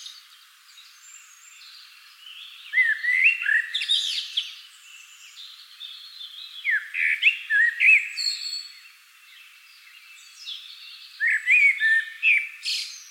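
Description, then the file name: Common blackbird song, three separate phrases of warbled whistles that end in high scratchy twitters, with quiet gaps between them. "Turdus merula"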